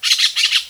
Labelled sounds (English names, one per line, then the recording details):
Brown-throated Parakeet contact call
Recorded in Venezuela
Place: Guárico; Corozopando; Fundo La Fe
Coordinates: 8.506, -67.593